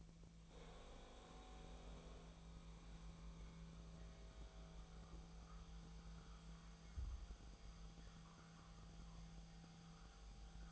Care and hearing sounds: daily activity, microphone in the room; make coffee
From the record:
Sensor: 1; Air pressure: 1009.4 hPa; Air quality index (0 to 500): 196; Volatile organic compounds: 19 ppm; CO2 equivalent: 2672 ppm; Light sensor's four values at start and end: 29/73/30/36 and 29/73/30/36

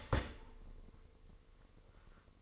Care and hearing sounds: daily activity, microphone in the room; start toaster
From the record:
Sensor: 4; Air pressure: 1008.1 hPa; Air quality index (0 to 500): 108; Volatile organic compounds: 1 ppm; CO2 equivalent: 796 ppm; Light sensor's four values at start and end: 8/19/7/8 and 9/19/8/8

